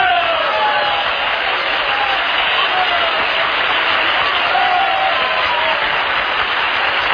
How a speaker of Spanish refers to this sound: Agradezco estos aplausos tan desnutridos, a la par que merecidos, que me incitan a seguir discursiando.